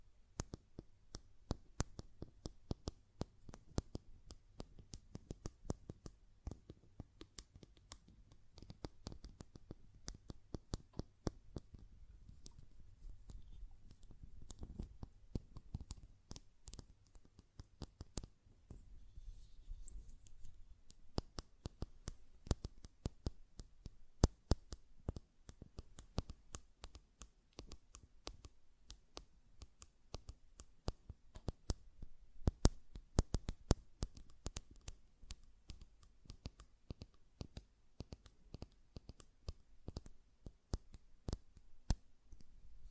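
Glass perfume bottle being tapped, with sharp, bright clicks scattered densely and unevenly across the whole stretch, some louder knocks standing out. A low rumble sits underneath during the first twenty seconds, then thins out while the irregular tapping continues.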